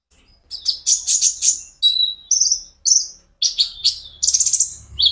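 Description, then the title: Van Hasselt's sunbird song: loud, high buzzy trills and sharp twitters in quick phrases over a faint low hum. Caged bird; steady, vigorous song used as a lure to prompt and train other caged sunbirds to sing in reply. "KOLIBRI NINJA KONIN IJOAN GACOR COCOK UNTUK PANCINGAN TERAPI KONIN BAHAN PASTI NYAUT"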